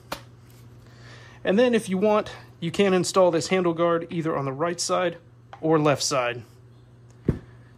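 An 18V battery pack is slid into the base of a Bosch 18V cordless angle grinder and seats with a single sharp click at 0.1 s. Someone then talks, and a faint tap at 7.1 s is followed by another short hit at 7.3 s.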